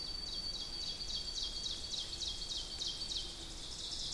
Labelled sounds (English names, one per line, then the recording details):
Ovenbird song
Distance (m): 55 m
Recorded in boreal forest in Alberta, Canada, on 2 June 2016 at 07:43
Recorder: SongMeter 3, array SBT-3-7
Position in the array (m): 201 m, 129 m
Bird 8